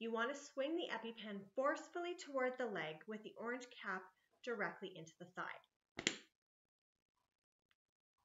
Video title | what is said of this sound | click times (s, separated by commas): Epi-Pen Demo | will hear a clicking sound this means the needle has injected the epinephrine into your muscle | 6.0 s, 6.1 s